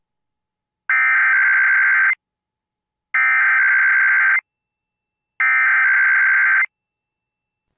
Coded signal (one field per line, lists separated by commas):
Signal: Emergency Alert System (SAME) tones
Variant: header bursts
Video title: KUNA and IPAWS Weeklies (EAS #14799-14804) 1/22/24